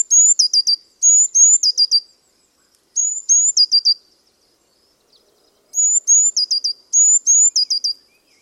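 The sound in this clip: Bird calling in very high-pitched phrases: two slurred rising whistles followed by a quick run of falling notes, phrases in bursts with gaps, quiet background.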